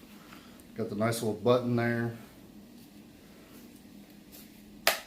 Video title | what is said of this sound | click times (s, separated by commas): Black and Decker 20v matrix reveiw | Pull that down and it pops right off. | 4.9 s